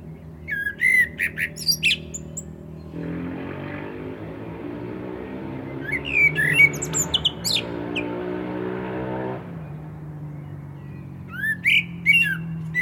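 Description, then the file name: Common blackbird song: brief fluty phrases with squeaky endings, three times, with a steady low rumble through the middle part. "Turdus merula"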